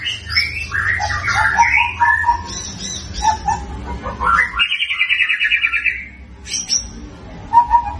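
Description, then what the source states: White-rumped shama song: rich varied whistles and warbles around the middle range, a long buzzy rattling phrase near the middle, then more clear whistled notes, with low background hum. Lure song meant to make birds respond; gacor, meaning singing continuously and energetically.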